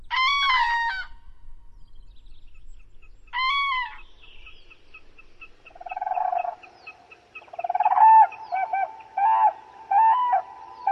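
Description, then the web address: Black-throated loon gives two ringing wails, then a long rhythmic series of repeated notes that grows louder toward the end. Recorded in Finland in spring 2024, week 20. "reksin-huomenet-kevat-2024 viikko-20-lintujen-laulu kuikka"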